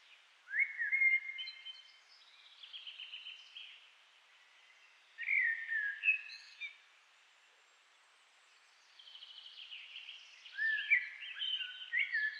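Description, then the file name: Common blackbird singing three rich, fluty warbling phrases separated by pauses, each ending in squeaky twittering notes. "Turdus merula"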